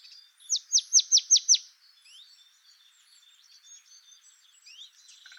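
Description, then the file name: Marsh tit uttering six sharp, downslurred high notes in quick succession, then faint scratchy twitters. "Poecile palustris"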